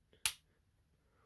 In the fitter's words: there you go you hear a click you're going to flip it over that's